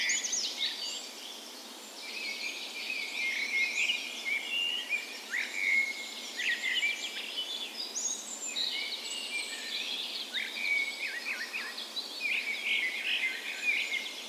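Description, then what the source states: Birds in a birds, busy overlapping songs of whistles, trills and sharp chirps running steadily through the whole stretch. Birds' birds in a park west in Bergen, Norway, on the morning of 17 May (National Day) in full spring; recorded with a Sony PCM A10 and LOM micro Usi microphones as tree ears.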